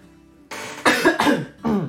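An adult man takes a rough intake of breath, followed by three short, forceful coughs about half a second apart, each with a voiced, slightly rattly tail. The coughs clear heavy phlegm from the throat, brought on by an allergy-like reaction after about two hours in a tatami room; the throat is sore.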